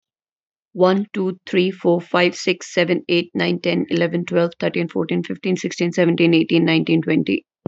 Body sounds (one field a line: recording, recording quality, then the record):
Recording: counting at a fast pace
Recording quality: excellent, no background noise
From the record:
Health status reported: healthy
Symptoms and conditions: none ticked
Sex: female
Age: 27 years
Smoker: not ticked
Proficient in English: yes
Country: India